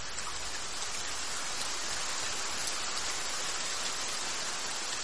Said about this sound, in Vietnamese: Trận mưa tầm tã này kéo dài đến rạng sáng.